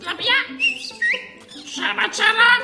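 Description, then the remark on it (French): A parrot in a rabbi's house squawks in loud, raspy bursts, breaking midway into a couple of rising, sustained whistles before more harsh, chattering squawks fill the rest of the few seconds. “Dans la maison du rabbin, il y a un perroquet. Je l'aime pas. Il est trop bruyant.”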